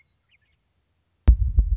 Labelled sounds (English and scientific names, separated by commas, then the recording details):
Western Meadowlark (Sturnella neglecta)
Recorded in Sonoma County, California